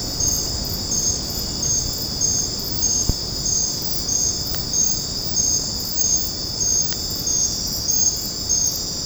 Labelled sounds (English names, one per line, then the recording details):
none
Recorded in secondary vegetation near Puerto Asís, Putumayo, Colombia, on 8 March 2025 at 21:30
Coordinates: 0.481, -76.318
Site G097